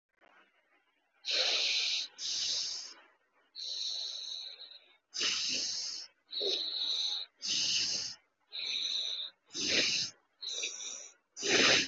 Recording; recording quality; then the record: shallow breathing; excellent, no background noise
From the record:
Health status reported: COVID-19 positive, mild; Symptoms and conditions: sore throat, loss of smell and taste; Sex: male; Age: 24 years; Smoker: not ticked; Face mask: not worn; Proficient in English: yes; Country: India